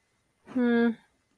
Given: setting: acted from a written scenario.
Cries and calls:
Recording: vocal sound without words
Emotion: disappointment

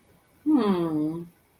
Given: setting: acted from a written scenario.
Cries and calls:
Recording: vocal sound without words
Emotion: interest

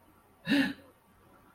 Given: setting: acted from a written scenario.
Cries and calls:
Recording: vocal sound without words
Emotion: embarrassment

